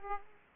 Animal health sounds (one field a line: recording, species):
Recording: mosquito wingbeat signal from an infrared sensor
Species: Aedes aegypti